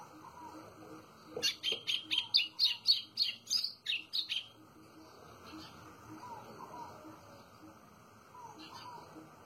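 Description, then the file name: White-throated seedeater song: a dense, quick string of high chirps lasting about three seconds. Faint whistles of other birds follow. "canto do golinho"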